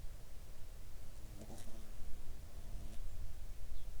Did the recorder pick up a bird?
no